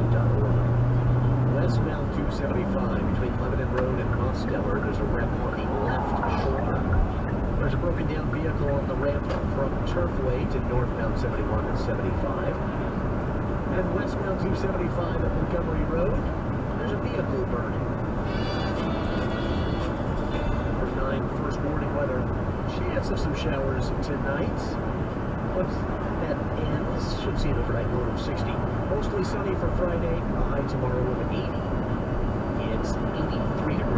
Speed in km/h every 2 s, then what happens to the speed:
87, 93, 97, 98, 97, 97, 97, 95, 93, 93, 93, 95, 97, 97, 97, 95, 93.
0-5 speeds up to 98. 5-34 steady at about 95.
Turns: none.